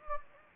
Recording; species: mosquito wingbeat signal from an infrared sensor; Anopheles gambiae